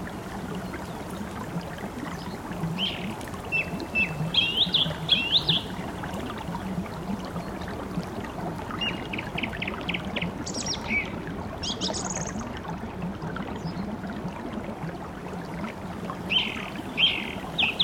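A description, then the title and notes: A babbling brook gurgles steadily, while birds chirp and trill in short bursts around four to six seconds, ten to twelve, and seventeen seconds. Babbling Brook, Birds & Occasional Wind.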